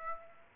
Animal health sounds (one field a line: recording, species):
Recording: mosquito wingbeat signal from an infrared sensor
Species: Aedes aegypti